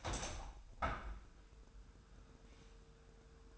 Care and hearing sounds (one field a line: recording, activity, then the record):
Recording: daily activity, microphone in the room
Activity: open window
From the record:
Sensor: 2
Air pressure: 999.7 hPa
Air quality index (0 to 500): 218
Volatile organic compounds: 47 ppm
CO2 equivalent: 3253 ppm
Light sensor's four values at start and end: 8/19/8/8 and 8/20/8/8